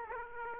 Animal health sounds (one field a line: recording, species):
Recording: mosquito wingbeat signal from an infrared sensor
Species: Aedes aegypti